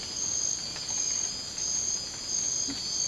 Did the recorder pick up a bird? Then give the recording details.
no. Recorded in dense forest near Puerto Asís, Putumayo, Colombia, on 24 March 2025 at 02:30. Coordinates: 0.481, -76.323. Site G088